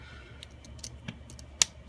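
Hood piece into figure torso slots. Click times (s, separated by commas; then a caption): 1.6 s. A plastic hood piece on an action figure is pushed onto the torso so its two small inserts go into matching slots; it grips rather than clipping in like a traditional hoodie. A few faint ticks and scrapes come first, then one sharp, much louder click at 1.6 s as the hood seats in the slots.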